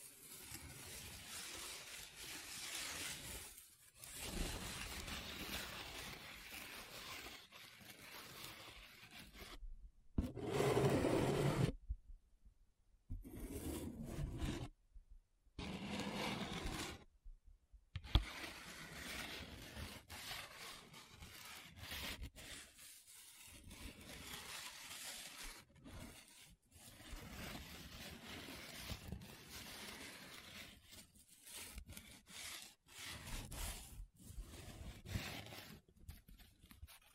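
Paper being rubbed, scratched and traced in uneven strokes, a dense dry rustle broken by short silences, loudest near eleven and eighteen seconds.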